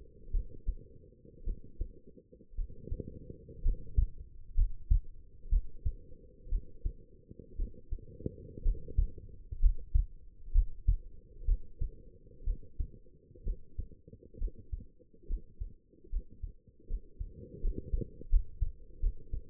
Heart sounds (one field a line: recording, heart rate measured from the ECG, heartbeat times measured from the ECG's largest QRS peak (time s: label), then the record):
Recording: heart sounds by stethoscope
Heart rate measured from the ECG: 64 bpm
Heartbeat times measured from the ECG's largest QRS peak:
0.31 s: heartbeat
1.44 s: heartbeat
2.55 s: heartbeat
3.62 s: heartbeat
4.54 s: heartbeat
5.49 s: heartbeat
6.49 s: heartbeat
7.56 s: heartbeat
8.62 s: heartbeat
9.60 s: heartbeat
10.52 s: heartbeat
11.45 s: heartbeat
12.44 s: heartbeat
13.43 s: heartbeat
14.38 s: heartbeat
15.27 s: heartbeat
16.09 s: heartbeat
16.87 s: heartbeat
17.60 s: heartbeat
18.29 s: heartbeat
19.00 s: heartbeat
From the record:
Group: healthy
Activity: rest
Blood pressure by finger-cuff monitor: 114/70 mmHg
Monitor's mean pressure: 83 mmHg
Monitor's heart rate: 61 bpm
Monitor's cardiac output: 5.1 L/min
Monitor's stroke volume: 86 mL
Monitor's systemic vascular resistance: 1200 dyn s/cm5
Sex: female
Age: 23 years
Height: 160 cm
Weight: 50.4 kg